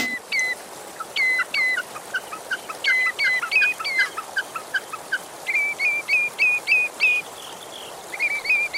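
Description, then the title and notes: Common redshank calling: a run of clear, ringing piping notes, often paired or in quick series, steady and repeated throughout with faint background hiss. Described as a lovely peeping call, given in flight. "The aptly named - and sadly less frequently seen - redshank"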